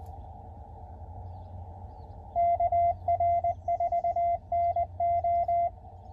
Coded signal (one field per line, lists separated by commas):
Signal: Morse code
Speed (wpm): 19 wpm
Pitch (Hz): 690 Hz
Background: none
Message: KR4NO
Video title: 2024 Hamvention Road Trip Day 3